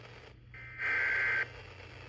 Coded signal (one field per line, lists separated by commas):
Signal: Emergency Alert System (SAME) tones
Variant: header bursts